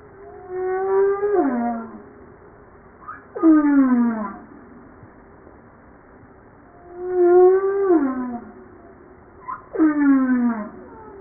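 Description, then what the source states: Humpback whale song phrases repeating in pairs, each a wavering tone that drops sharply, followed by a steep descending cry rich in harmonics. Recorded 5 March 1994.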